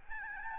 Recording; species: mosquito wingbeat signal from an infrared sensor; Aedes albopictus